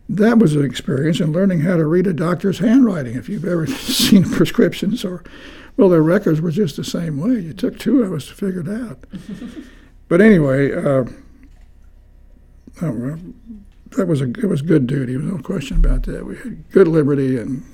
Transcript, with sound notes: that was an experience in learning how to read a doctor’s handwriting, if you’ve ever seen [Chuckling] prescriptions or, well the records were just the same way, it took two of us to figure it out. [chuckles] But anyway…I rem…that was a g…it was a good duty, no question about that, we had good liberty and